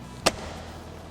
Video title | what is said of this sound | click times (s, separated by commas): 2007-2018 Jeep Wrangler JK - Uconnect 5 10.1" Wireless CarPlay Touchscreen Upgrade Infotainment.com | This will snap right in. | 0.3 s